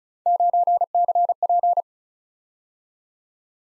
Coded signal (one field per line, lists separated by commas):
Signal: Morse code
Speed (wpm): 42 wpm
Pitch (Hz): 700 Hz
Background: none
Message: 9CP